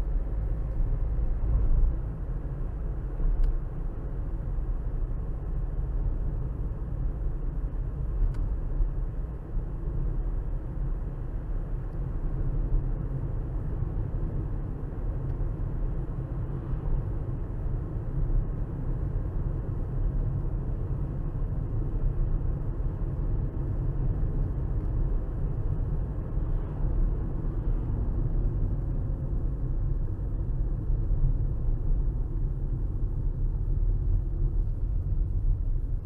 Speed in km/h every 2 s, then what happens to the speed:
50, 53, 53, 53, 53, 55, 55, 56, 55, 56, 56, 56, 56, 56, 50, 44, 39, 32.
0-27 steady at about 55. 27-36 slows to 32.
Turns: none.